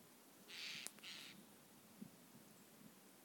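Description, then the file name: Eurasian jay producing two loud, raspy screeches back to back, with a sharp click between them. "Garrulus glandarius"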